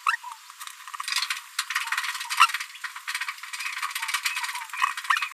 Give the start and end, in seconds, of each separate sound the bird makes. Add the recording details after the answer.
0.06-0.17, 1.21-1.27, 1.59-1.61, 2.84-2.86, 3.20-3.25, 3.83-3.86, 3.95-3.98, 4.13-4.17, 4.25-4.29, 5.09-5.32. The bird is a female. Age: 22 days. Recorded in a nest box in Venezuela. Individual 17B73B3